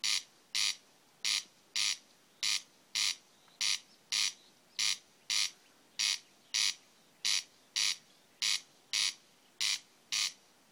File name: Åkerrikse 300611